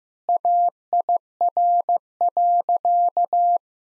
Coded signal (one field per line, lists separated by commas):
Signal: Morse code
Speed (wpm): 15 wpm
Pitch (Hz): 700 Hz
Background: none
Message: AIR.